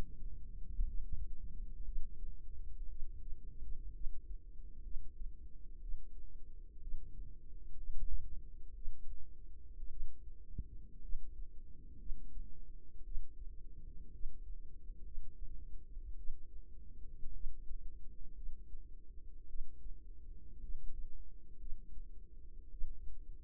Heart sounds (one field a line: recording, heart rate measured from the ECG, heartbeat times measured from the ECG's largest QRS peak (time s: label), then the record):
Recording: heart sounds by microphone in the right ear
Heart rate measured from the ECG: 58 bpm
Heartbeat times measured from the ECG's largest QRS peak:
0.84 s: heartbeat
1.83 s: heartbeat
2.88 s: heartbeat
3.92 s: heartbeat
4.82 s: heartbeat
5.80 s: heartbeat
6.79 s: heartbeat
7.74 s: heartbeat
8.73 s: heartbeat
9.88 s: heartbeat
11.00 s: heartbeat
11.97 s: heartbeat
13.03 s: heartbeat
14.10 s: heartbeat
15.02 s: heartbeat
16.15 s: heartbeat
17.31 s: heartbeat
18.33 s: heartbeat
19.46 s: heartbeat
20.59 s: heartbeat
21.57 s: heartbeat
22.69 s: heartbeat
From the record:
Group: healthy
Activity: rest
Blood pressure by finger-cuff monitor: 92/62 mmHg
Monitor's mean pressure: 71 mmHg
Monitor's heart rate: 58 bpm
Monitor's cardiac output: 4.4 L/min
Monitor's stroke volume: 75 mL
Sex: female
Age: 36 years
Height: 163 cm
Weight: 88 kg